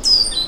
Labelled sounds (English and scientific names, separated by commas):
Stitchbird (Notiomystis cincta) song